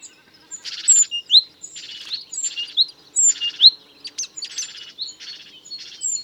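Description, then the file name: Great tit calls: rasping churr notes alternating with clear, slightly rising whistled notes, repeated in an uneven rhythm. "Parus major"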